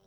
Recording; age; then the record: pig call; piglet (1 to 25 days)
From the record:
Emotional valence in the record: positive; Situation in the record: short reunion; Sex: female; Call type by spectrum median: low-frequency call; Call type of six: low-frequency tonal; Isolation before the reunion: 3 minutes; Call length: 0.07 s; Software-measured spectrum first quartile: 344 Hz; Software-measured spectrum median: 795 Hz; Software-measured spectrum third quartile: 4742 Hz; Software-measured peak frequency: 181 Hz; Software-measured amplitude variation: 32 dB a second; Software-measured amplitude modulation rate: 13.9 a second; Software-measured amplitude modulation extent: 2.3 dB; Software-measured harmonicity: 1.2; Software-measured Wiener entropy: -2.77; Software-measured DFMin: 1002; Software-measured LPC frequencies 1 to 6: 530, 3156, 3784, 5643, 7716, 8732 Hz